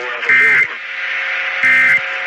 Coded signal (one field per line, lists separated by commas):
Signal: Emergency Alert System (SAME) tones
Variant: end-of-message bursts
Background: speech